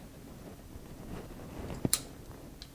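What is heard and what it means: A steel part of a Carcano Cavalry rifle bolt is reassembled, dropping into place with a sharp metallic click at 1.9 s so the bolt cap can come all the way down onto the bolt. A softer tap comes just before at 1.8 s and a faint tick follows at 2.6 s, over a low background rumble. The bolt cap is seated.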